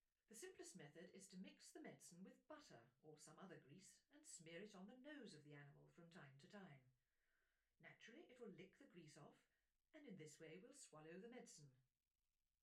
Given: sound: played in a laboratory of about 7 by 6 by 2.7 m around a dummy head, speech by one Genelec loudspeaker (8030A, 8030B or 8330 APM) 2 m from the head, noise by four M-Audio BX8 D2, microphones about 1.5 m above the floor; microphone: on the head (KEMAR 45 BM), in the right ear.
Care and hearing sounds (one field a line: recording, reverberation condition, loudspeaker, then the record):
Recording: female speech in English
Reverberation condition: low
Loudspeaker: 90 degrees to the left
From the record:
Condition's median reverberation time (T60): about 310 ms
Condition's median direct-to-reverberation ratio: about 3.5 dB